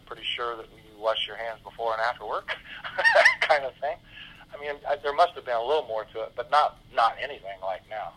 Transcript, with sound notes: I'm pretty sure that you washed your hands before and after work kind of thing. (laughs) I mean, there must have been a little more to it, but not anything like now.